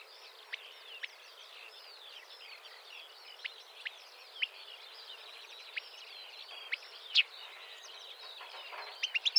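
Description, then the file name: Marsh warbler song, a dense, busy stream of chattering, buzzy and whistled notes, punctuated by repeated sharp high chips, building toward a cluster at the end. "suara kicauan burung marsh warbler. omkicau"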